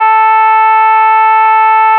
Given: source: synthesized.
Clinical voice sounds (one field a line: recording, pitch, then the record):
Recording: sustained vowel /a/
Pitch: 440 Hz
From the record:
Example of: jitter, sigma 0.003